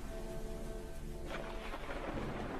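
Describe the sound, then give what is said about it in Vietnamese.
Heavy, wind-driven rain pours in a dense, steady hiss that swells heavier and brighter partway through, with a faint low rumble underneath and no voices. “Cô bảo: Mưa như thế này chắc là chị Hà ngủ bên nhà hai bác, chứ về làm sao?”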